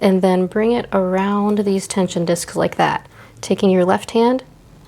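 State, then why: Not seated. Upper thread is guided around the tension discs of a White 1409 sewing machine's tension assembly while someone talks. The thread is being pulled up with the left hand, but nothing has seated or clicked into the tension check spring yet.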